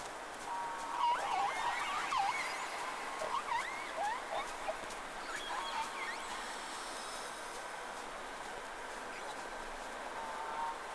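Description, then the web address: Whale calls: a series of short, sweeping whistles that rise and fall, clustered in the first half and then sparser, over constant underwater hiss and faint clicking. Sea recording made 3 October 2006 around 11:30, with two whales noted. "Sea Snake 10-3-06 Whales X 2 11-30"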